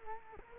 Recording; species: mosquito wingbeat signal from an infrared sensor; Culex quinquefasciatus